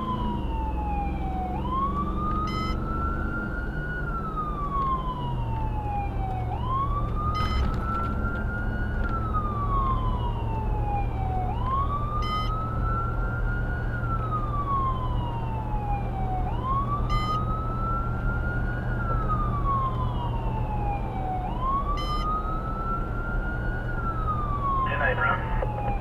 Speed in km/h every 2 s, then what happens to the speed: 68, 72, 77, 79, 82, 85, 87, 89, 89, 90, 90, 90, 87.
0-11 speeds up to 87. 11-26 steady at about 89.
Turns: none.